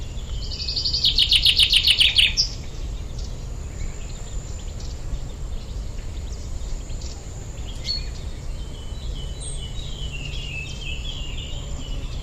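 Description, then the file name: Common chaffinch song: a bright, fast trill of repeated notes ending in a short flourish, about two seconds long, then faint birds over low rumbling background noise. "Fringilla coelebs"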